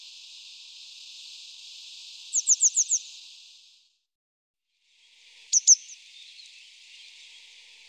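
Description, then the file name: Grey wagtail calls: a quick run of five sharp, high ticking notes, then after a pause a tight pair, over a background hiss. "Gebirgsstelze"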